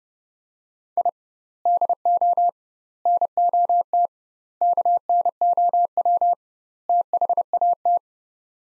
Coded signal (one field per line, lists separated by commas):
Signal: Morse code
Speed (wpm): 30 wpm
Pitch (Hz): 700 Hz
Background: none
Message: I DO NOT KNOW THAT